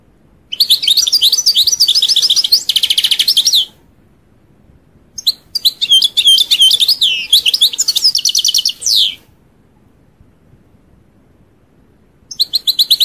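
European goldfinch song: rapid tinkling twitters and buzzy trills high in pitch, in three bursts separated by silent pauses.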